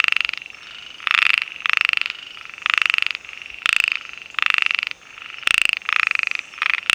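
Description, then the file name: Heymons' narrow-mouthed frog calls: buzzy, rapidly pulsed notes from several overlapping callers, some loud and some fainter, following each other in uneven succession. "Microhyla heymonsi"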